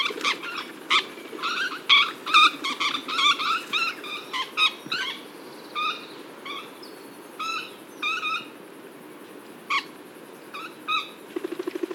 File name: Fuertess Parrot Hapalopsittaca fuertesi